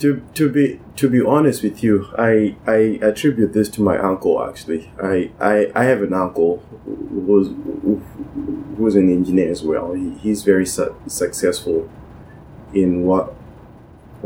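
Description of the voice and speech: An adult man speaking in a panel discussion, with repeated words, a stretched 's' and breaks before words, typical of stuttering.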